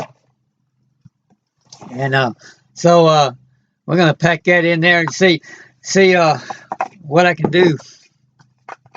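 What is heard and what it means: Someone talks while handling a single-serve plastic coffee pod to press it into a single-serve brewer's pod holder. A few faint, brief ticks come just before the end, but nothing has seated or clicked yet; the pod has not popped in.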